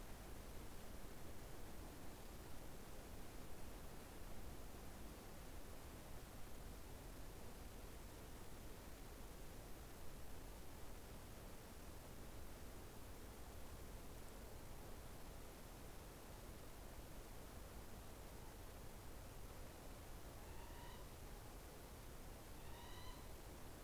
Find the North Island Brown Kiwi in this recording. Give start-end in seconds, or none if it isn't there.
none